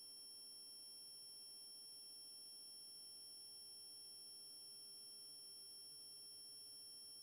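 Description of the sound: Several steady, very high-pitched synthesized tones ring at once, with almost all of the sound above 2 kHz and played very quietly. It recreates one person's own tinnitus.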